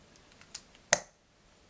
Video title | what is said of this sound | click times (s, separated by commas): How To Install RAM | until that clip clips fully in | 0.9 s